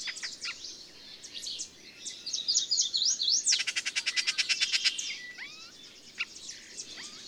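Several small birds singing together: high thin twittering and zigzag phrases, then a loud rapid trill of evenly spaced notes lasting over a second, with scattered whistles after.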